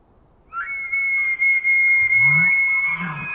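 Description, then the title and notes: Elk bugle, a loud, pure high whistle held steadily for over two seconds, with low grunting chuckles beneath toward the end. Wild elk bugling, multiple herds surrounding a campsite in early morning hours; Washington, Pacific Northwest, USA; double mid-side recording, light noise expansion. "Wild Elk Bugles. Elk bugles, that most quintessential of elk sounds. multiple herds surround campsite in early morning hours. Recorded in the Beautiful Pacific Northwest in Washington, Untied States"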